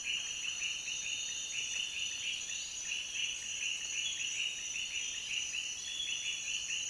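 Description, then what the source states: Steady frog chorus, many callers giving rapid repeated chirping notes, backed by an unbroken high insect-like drone. Frog chorus recorded in Peru.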